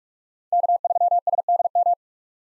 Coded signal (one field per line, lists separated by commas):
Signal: Morse code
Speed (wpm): 46 wpm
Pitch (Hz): 700 Hz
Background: none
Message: K3SDM